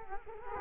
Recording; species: mosquito wingbeat signal from an infrared sensor; Culex quinquefasciatus